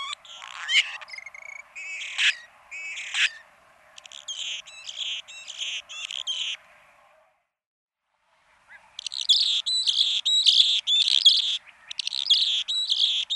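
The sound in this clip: Anna's hummingbird singing scratchy, squeaky high notes and buzzy phrases, then a short silence before a louder stretch of rapid grating buzzes.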